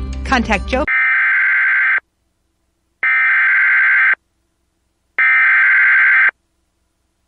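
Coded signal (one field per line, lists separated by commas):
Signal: Emergency Alert System (SAME) tones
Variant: header bursts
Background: speech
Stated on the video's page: Multiple EAS alerts from Illinois.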